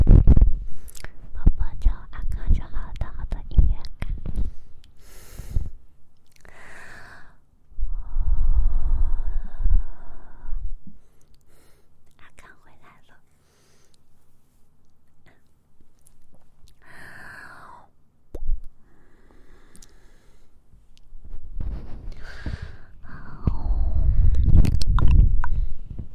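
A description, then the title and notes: ASMR mouth sounds and ear-cleaning noises: dense wet clicks and crackles at the start, then soft breathy hisses and whispery sighs with quiet gaps. Scratchy rubbing returns around 8 seconds and again, louder and thicker, near the end. ASMR Mouth Sounds Ear Cleaning.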